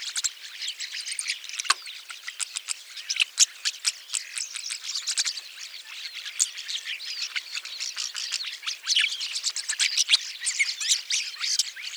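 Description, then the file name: Rosy starling scratchy chatter, sharp clicks and squawky notes tumbling together in a fast, unbroken, high-pitched jumble. "jalak mawar"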